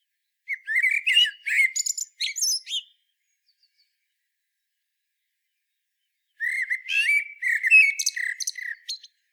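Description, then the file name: Common blackbird singing two phrases separated by a few seconds of quiet, rich low whistled notes capped by thin, high squeaky trills. "Turdus merula"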